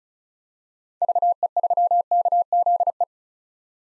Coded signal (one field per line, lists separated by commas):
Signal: Morse code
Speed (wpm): 36 wpm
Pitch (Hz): 700 Hz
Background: none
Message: VE3KZE